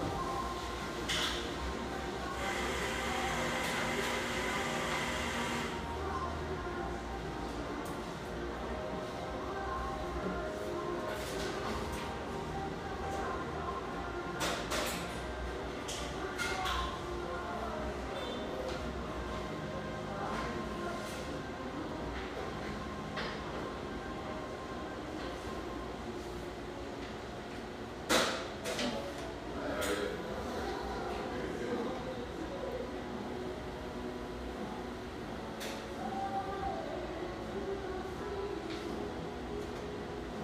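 Coffeehouse sounds in Portland's Hazelwood neighborhood: a steady, dense murmur of voices and low rumble with soft radio music underneath. A bright hiss fills the opening five seconds, then sharp clinks and clatters of cups and dishes break through, most noticeably around 15, 28 and 36 seconds.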